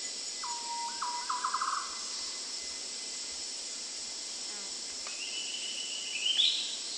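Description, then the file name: Green broadbill producing a whistled note followed by a fast, speeding-up string of bubbling notes, over continuous insect buzzing. "suara burung madi hijau kecil"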